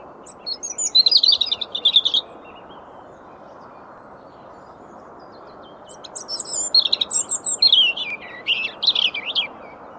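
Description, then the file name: European robin singing two high, warbling, liquid phrases, one early and a longer tumbling one in the second half, with steady low hiss throughout. "Erithacus rubecula"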